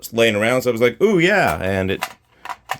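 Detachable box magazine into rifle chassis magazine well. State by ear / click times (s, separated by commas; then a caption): not seated / none. Someone talks, then an AICS-pattern detachable box magazine of the wrong length is pushed into the magazine well of an MDT HNT26 rifle chassis on a 7mm Remington Magnum, giving short taps and knocks at about 2.5, 2.7 and 2.9 seconds. The magazine fits in the well but does not click in, because its catch and length do not match, so nothing has seated or clicked.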